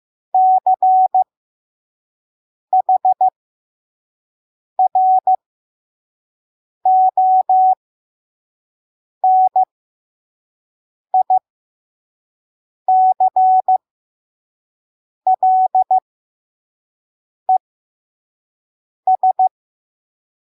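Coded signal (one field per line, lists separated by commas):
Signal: Morse code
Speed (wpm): 15 wpm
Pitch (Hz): 750 Hz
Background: none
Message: CHRONICLES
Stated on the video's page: Slow 5 wpm Morse code of a Bible verse for head-copy practice.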